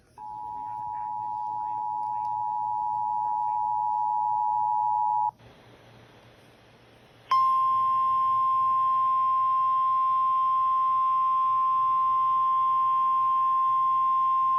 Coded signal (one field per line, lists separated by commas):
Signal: Emergency Alert System (SAME) tones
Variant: 853 and 960 Hz attention tone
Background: speech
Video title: SVR on WSOF-FM 89.9 (EAS #113)